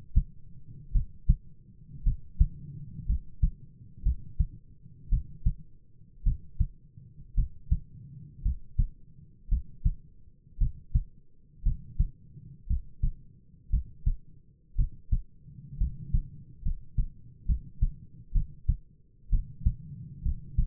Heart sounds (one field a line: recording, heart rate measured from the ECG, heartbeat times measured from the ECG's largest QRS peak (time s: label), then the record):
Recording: heart sounds by stethoscope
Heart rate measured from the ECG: 59 bpm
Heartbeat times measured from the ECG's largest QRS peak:
0.92 s: heartbeat
2.03 s: heartbeat
3.06 s: heartbeat
4.03 s: heartbeat
5.09 s: heartbeat
6.23 s: heartbeat
7.34 s: heartbeat
8.42 s: heartbeat
9.48 s: heartbeat
10.58 s: heartbeat
11.63 s: heartbeat
12.67 s: heartbeat
13.70 s: heartbeat
14.75 s: heartbeat
15.77 s: heartbeat
16.62 s: heartbeat
17.45 s: heartbeat
18.32 s: heartbeat
19.29 s: heartbeat
20.22 s: heartbeat
From the record:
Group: healthy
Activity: rest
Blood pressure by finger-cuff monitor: 116/67 mmHg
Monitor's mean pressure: 79 mmHg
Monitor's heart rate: 57 bpm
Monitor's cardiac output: 7 L/min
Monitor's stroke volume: 121 mL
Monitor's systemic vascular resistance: 830 dyn s/cm5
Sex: male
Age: 22 years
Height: 185 cm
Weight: 112.4 kg